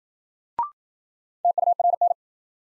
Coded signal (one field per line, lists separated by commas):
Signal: Morse code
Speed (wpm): 53 wpm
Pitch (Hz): 700 Hz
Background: none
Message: TURN